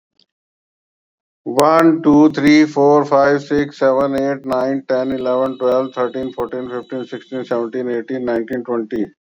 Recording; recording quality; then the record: counting at a normal pace; excellent, no background noise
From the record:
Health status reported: exposed to COVID-19, no respiratory illness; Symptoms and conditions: cold, fatigue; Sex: male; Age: 51 years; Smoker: no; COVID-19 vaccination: both doses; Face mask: worn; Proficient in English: yes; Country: India